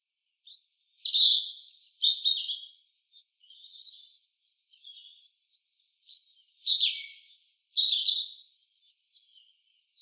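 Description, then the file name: European robin singing high, varied phrases of sweet whistles and sliding notes, with a loud burst near the start, quieter twittering, then another loud phrase about six seconds in. "Erithacus rubecula"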